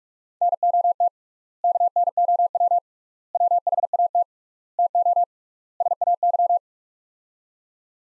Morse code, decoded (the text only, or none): NOT KNOW WHAT TO SAY